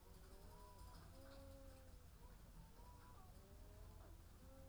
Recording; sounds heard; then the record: poultry house recording; sick chickens (respiratory disease)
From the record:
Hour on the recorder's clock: 15